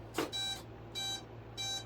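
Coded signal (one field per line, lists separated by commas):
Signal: beep code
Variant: brushless motor ESC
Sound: a click, then three evenly spaced buzzy mid-pitched beeps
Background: low electrical hum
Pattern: 3 short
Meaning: Three beeps signal a 3-cell battery detected and the ESC ready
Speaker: And the 3 beeps to indicate, and there you go. Now you're fully functioning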